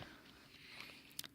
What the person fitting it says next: You hear that snap?